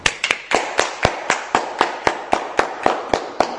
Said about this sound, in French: Applaudissons pour la sœur.